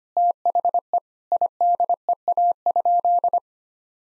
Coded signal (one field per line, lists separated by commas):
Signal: Morse code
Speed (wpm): 25 wpm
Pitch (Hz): 700 Hz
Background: none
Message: THE IDEA?